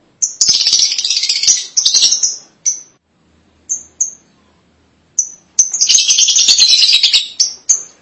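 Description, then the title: Lovebird chattering, long dense bursts of harsh high twittering broken by a pause with a few short sharp chirps. "BM Suara Burung Lovebird"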